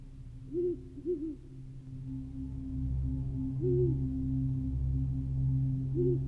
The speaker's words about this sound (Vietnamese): Trong màn đêm đen kịt, chỉ còn lại tiếng rừng già lộc cộc và tiếng chim cú như là oan hồn đang réo gọi.